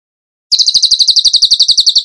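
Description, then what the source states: Bird song: after a short silence, a fast, high trill of quick repeated notes runs to the end. Masteran (training recording) for birds in the tembakan gacor style.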